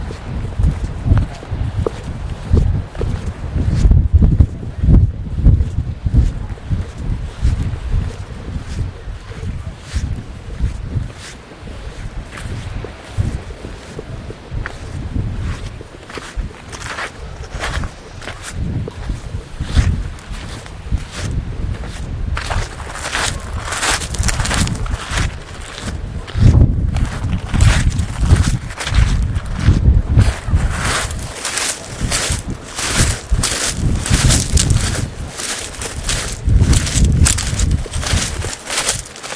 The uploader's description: walk along the shingle beach in Borth